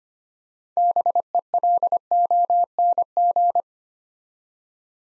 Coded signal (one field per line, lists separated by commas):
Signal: Morse code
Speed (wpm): 25 wpm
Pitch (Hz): 700 Hz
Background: none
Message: BELONG